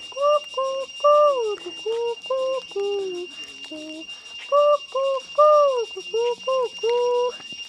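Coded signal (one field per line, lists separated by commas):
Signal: whistled language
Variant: Khasi jingrwai iawbei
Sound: a sung-whistled melody of about a dozen short gliding notes, cuckoo-like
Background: steady high insect drone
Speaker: হুই সেলিং নেম? >> কুকু কুকু কু কুকু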